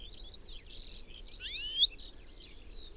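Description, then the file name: European goldfinch call: one loud, bright upward-sweeping call in the middle of a soft run of high twittering notes. "Carduelis carduelis"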